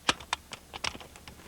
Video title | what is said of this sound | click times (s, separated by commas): Loggy Bayou Tree Stand Instructional Terry Bradshaw | And again, we want to listen for it to lock into place. Okay? | 0.3 s